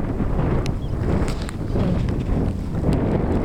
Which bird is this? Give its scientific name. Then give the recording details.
Lamprotornis superbus. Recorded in Kenya